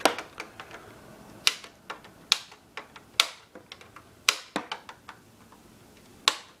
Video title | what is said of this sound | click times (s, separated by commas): Part 2/4: How to Fix an Xbox 360 Disc Drive That Won't Open: Taking Apart Xbox 360 | and you'll be able to hear it when it clicks. | 1.5 s, 2.3 s, 3.2 s, 4.3 s, 6.3 s